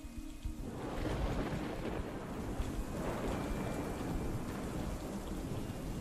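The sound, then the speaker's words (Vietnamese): A thunderstorm with heavy rain: a dense, steady hiss of downpour over deep rolling rumbles of thunder that swell and subside, loud and unbroken throughout with no voices. “Trong khoảnh khắc đó, trên trời nổi lên những tia chớp sáng rực cùng với tiếng sấm sét đì đùng.”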